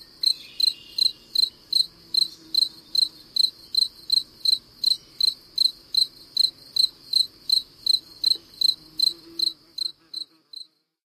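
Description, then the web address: Spring field cricket song: a steady run of high, pulsed chirps at an even pace, growing quieter near the end before stopping. North America. "Songs of Insects. Spring Field Cricket"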